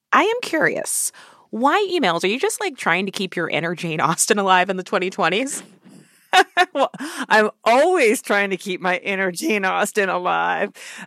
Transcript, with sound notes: I am curious - why emails? Are you just, like, trying to keep your inner Jane Austen alive in the 2020s?
(Laughter) Well, I'm always trying to keep my inner Jane Austen alive.